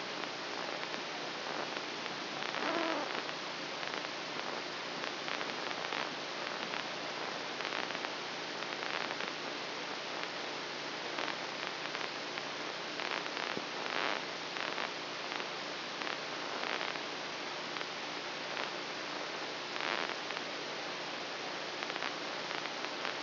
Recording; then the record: brain microelectrode recording played as sound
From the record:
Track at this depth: outside the subthalamic nucleus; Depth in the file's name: 4.906 mm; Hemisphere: left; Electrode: 2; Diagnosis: Parkinson's disease